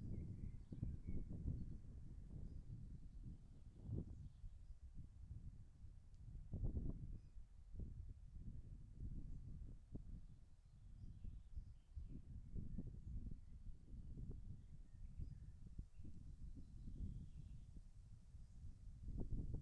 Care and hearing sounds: everyday scene through a hearing-aid microphone; wind on the microphone; wind, birds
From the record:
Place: in front of a rural house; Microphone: behind the ear, left, rear

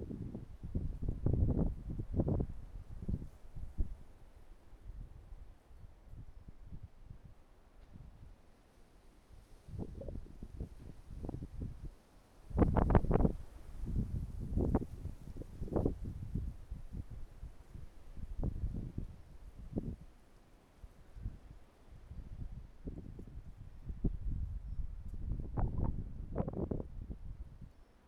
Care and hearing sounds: everyday scene through a hearing-aid microphone; wind on the microphone; wind, traffic, birds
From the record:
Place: suburban garden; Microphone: behind the ear, right, rear

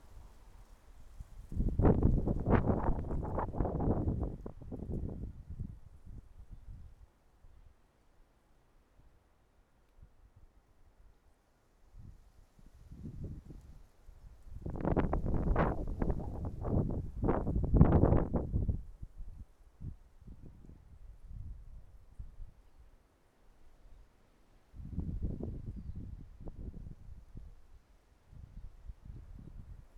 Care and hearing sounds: everyday scene through a hearing-aid microphone; wind on the microphone; wind, traffic, siren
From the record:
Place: suburban garden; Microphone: behind the ear, right, front

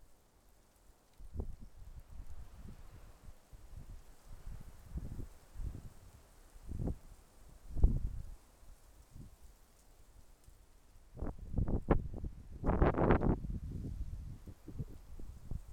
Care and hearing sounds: everyday scene through a hearing-aid microphone; wind on the microphone; wind, traffic, birds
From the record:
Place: suburban garden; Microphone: behind the ear, left, front

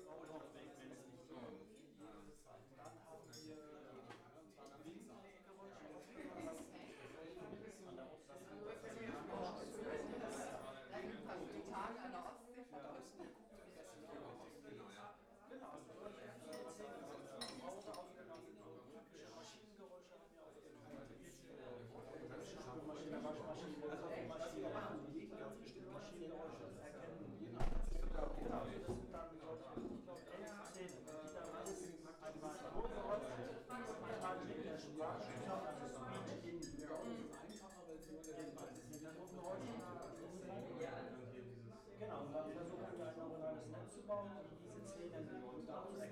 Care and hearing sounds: everyday scene through a hearing-aid microphone; many people talking; many voices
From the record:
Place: bistro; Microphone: behind the ear, left, front

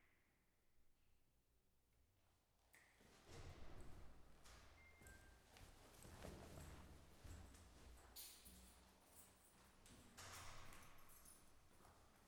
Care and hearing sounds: everyday scene through a hearing-aid microphone; reverberant space; background noise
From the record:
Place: staircase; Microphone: behind the ear, left, rear

